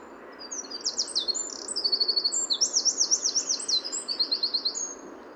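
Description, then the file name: Eurasian wren singing an energetic run of piercing, high-pitched trills and twittering phrases, the fast notes rolling together in a long, vigorous burst. "Troglodytes troglodytes"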